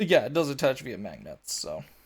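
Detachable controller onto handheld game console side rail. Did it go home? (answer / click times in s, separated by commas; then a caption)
no / none. A detachable controller is being handled beside the side rail of a handheld game console, where it attaches and is held by magnets. Across the 2.1 seconds only someone talking is heard, with no click. The controller has not seated or clicked yet.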